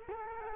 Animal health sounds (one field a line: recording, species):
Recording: mosquito wingbeat signal from an infrared sensor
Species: Culex quinquefasciatus